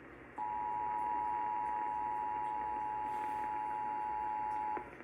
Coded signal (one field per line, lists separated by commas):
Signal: Emergency Alert System (SAME) tones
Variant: 853 and 960 Hz attention tone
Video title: Required Monthly EAS Test on WCCO Radio - June 5, 2024 10:46 PM